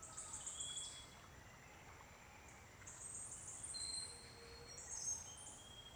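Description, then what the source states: Birds singing: high, sizzling trilled phrases repeated every few seconds, with separate short clear whistles and faint lower chirps against a steady hissing background. Birds singing at dawn.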